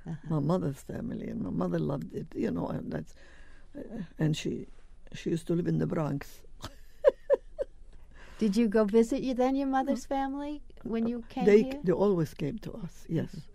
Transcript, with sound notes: My mother's family and my mother loved it, you know, and that — and she — she used to live in the Bronx. [Laughs]
Did you go visit then your mother's family when you came here?
They — they always came to us, yes,